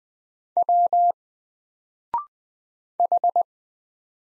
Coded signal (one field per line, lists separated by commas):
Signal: Morse code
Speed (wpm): 20 wpm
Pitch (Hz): 700 Hz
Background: none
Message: W H